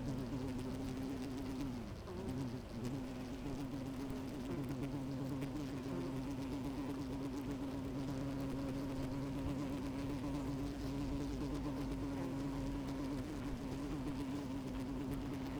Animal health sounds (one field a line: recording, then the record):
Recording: honeybee colony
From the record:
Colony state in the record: active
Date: 28 July 2017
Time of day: 12:23